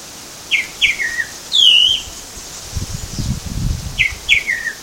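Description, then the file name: Tropical mockingbird song: short stepped whistles with a falling slur and an arched note, repeated, with some low rumbling noise in the background. Recorded at Baby Beach, Aruba, on 21 November 2013. "Mimus-gilvus-Baby Beach-Aruba. ASilveira"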